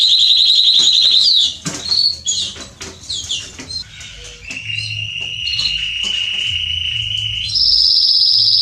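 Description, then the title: Belgian canary song, a high rolling trill, a jumble of varied notes, a lower sustained trill, then a bright rapid high trill. Male Belgian canary singing a lot, used to warm up and train young canaries. "Canary Training Esquente Seu Filhote E Canario Belga Em 30 Minutos Macho Cantando Muito. CANTO DO CANRIO"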